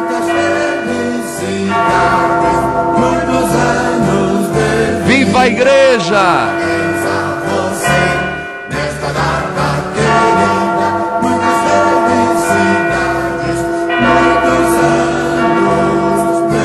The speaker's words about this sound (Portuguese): Sacristão, toquem os sinos.